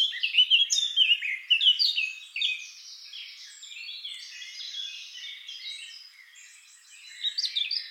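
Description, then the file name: Eurasian blackcap song: bright, quick warbled notes for about two seconds, a long stretch of softer twittering, then a louder warbled flourish at the end. "Sylvia atricapilla"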